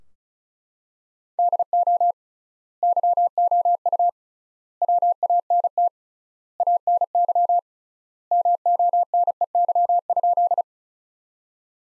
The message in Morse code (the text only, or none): DO YOU WANT ANY MONEY?